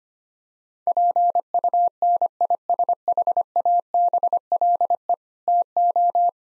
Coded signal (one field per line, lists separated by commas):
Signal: Morse code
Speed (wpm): 25 wpm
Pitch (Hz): 700 Hz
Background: none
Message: PUNISHABLE TO